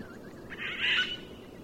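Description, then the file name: Eurasian jay uttering a single short, hoarse, rasping screech. "Garrulus glandarius"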